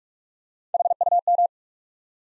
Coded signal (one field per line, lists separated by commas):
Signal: Morse code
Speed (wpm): 44 wpm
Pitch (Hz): 700 Hz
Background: none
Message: HUM